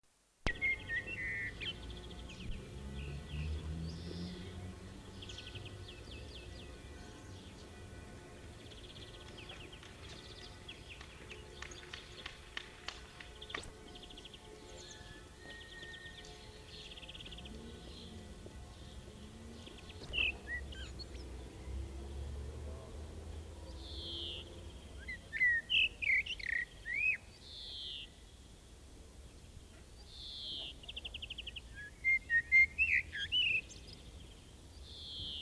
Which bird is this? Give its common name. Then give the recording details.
Common Blackbird. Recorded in the wild. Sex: male. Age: adult. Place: Bielefeld-Mitte, Nordrhein-Westfalen, DE. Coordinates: 52.0108, 8.55083. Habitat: residential district. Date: 1969-07-14. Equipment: Uher 4000 Report-S, Bändchenmikro Beyer M 260, Parabolspiegel Polyester (470 mm). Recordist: Conrads, Klaus